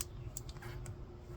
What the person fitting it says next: Hear it click.